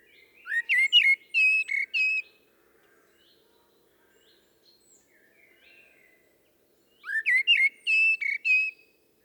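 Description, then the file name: Common blackbird singing two similar flute-like phrases, each a few mellow whistles capped by high squeaky chatter, about five seconds apart. "Turdus merula"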